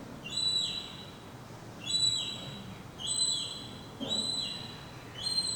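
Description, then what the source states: Young gull giving high, thin whistled calls with a slight downward slur at the end, five calls spaced roughly a second or more apart over faint background hiss. Young gull chick.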